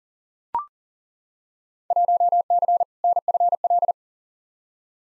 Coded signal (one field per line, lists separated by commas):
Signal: Morse code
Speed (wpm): 40 wpm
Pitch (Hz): 700 Hz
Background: none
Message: 1C NFL